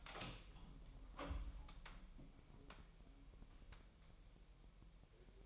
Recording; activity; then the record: daily activity, microphone in the room; open door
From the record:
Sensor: 1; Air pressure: 1001.2 hPa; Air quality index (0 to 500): 249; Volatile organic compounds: 145 ppm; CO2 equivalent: 3999 ppm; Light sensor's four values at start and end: 12/28/11/12 and 12/29/12/13